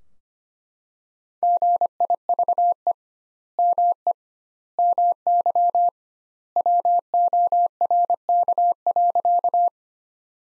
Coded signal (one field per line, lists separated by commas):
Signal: Morse code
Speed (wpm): 25 wpm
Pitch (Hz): 700 Hz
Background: none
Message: GIVE ME MY WORK.